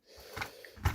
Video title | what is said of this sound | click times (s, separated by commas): Organizing my Lock picking tools with Gridfinity [310] | and just snaps back into place once you're done with it | 0.9 s